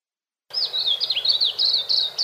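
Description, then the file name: White-eye giving a quick, high twittering warble of sliding chirps, brief but clear. "suara-kicauan-burung-kacamata-perak -omkicau"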